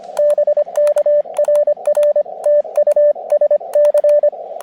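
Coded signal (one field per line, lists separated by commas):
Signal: Morse code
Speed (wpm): 25 wpm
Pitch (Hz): 590 Hz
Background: radio noise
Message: BK RR TU SC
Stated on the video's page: Summits on the Air activation from Overlook Mountain using a KX2 and AX1 antenna at low power; good band conditions, steady stream of calls.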